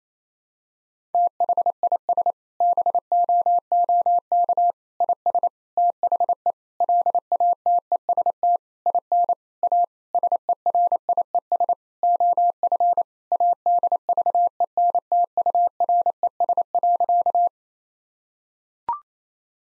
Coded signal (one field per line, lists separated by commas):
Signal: Morse code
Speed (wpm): 28 wpm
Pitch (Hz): 700 Hz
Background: none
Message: THIS BOOK IS THE LATEST IN A SERIES OF ADVENTURES.